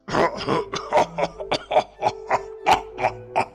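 A voice acts out a string of gruff, irritated coughs and throat-clearing grunts, a dozen or so short bursts in an uneven rhythm, fairly loud with no talking.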